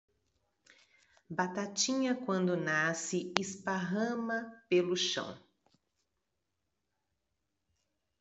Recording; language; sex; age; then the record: short text; Brazilian Portuguese; female; 40 to 49 years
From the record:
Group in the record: control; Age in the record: 48 years